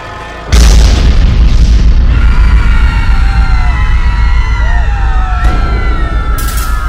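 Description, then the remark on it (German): A hand grenade, thrown over people's heads, explodes suddenly and loudly behind a passing car, leaving a heavy low rumble that lingers while several wavering, siren-like alarm tones rise and overlap above it. “Wieder im Hier und Jetzt angekommen, registrierte ich noch für einen Sekundenbruchteil die Handgranate, die über die Köpfe hinwegflog und statt im vorbeifahrenden Wagen dahinter landete.”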